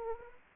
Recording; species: mosquito wingbeat signal from an infrared sensor; Anopheles arabiensis